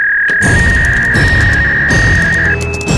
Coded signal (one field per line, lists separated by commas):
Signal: fax machine handshake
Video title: Cloud Fax - povoljniji način slanja i primanja faks poruka!